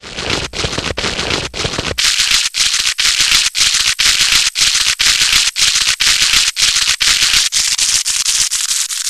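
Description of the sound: Simulated tinnitus: a loud, high-pitched hissing noise concentrated above 2 kHz. It pulses in regular bursts about once per second, with brief silent breaks between them.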